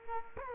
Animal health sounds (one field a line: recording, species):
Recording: mosquito wingbeat signal from an infrared sensor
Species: Culex quinquefasciatus